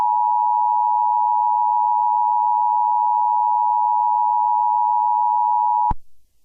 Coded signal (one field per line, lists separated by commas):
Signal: Emergency Alert System (SAME) tones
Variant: 853 and 960 Hz attention tone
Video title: EAS scenario 6 (Easter special): The Easter bunny killer